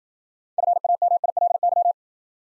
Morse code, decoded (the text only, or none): FAMILY